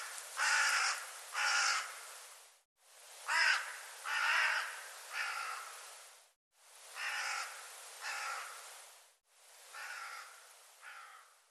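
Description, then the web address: Bird calls in harsh paired and tripled caws, grouped in four bursts over about eleven and a half seconds, with brief silences between groups. "cianscape birddata Deverinetal 2025 File cleaned normalized Bird"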